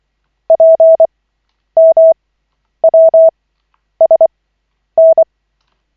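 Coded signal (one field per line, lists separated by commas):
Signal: Morse code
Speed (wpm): 24 wpm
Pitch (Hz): 650 Hz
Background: none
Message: PMWSN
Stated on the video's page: Koch method Morse practice session, lesson 11 of 40, from LCWO.net.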